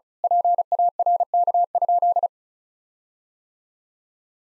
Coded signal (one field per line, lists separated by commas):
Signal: Morse code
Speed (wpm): 34 wpm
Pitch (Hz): 700 Hz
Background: none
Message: PARK?